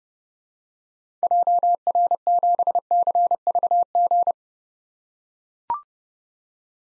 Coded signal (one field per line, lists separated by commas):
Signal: Morse code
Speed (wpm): 30 wpm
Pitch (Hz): 700 Hz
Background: none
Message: JR7CVG